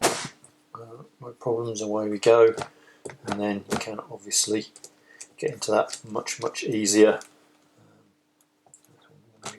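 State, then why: Torque reached. Someone talks while a Laser Tools insulated torque screwdriver is turned until it reaches its newton-metre setting. The clutch clicks over at 8.7 s with a faint, not overly noticeable click that is more felt than heard.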